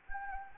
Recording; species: mosquito wingbeat signal from an infrared sensor; Anopheles gambiae